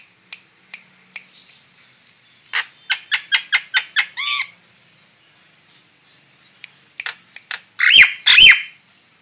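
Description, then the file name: Starling song: dry clicks speeding into a rattling series, a ringing harmonic squeal, then loud harsh screeches near the end. Female bird. "suara burung jalak betina"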